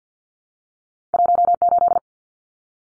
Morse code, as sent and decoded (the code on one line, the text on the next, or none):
.---- ---..
18